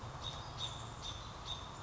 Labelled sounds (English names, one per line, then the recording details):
American Robin
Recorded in Sonoma County, California